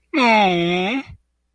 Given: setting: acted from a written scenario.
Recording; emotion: vocal sound without words; adoration